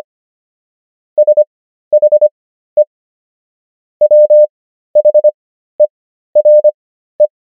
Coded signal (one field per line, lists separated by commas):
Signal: Morse code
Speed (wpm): 25 wpm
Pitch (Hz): 600 Hz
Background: none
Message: SHE WHERE